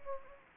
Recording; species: mosquito wingbeat signal from an infrared sensor; Anopheles gambiae